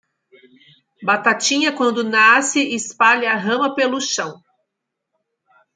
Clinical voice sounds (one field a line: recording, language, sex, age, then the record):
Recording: short text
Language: Brazilian Portuguese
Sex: female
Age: 50 to 59 years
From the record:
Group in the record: control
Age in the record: 50 years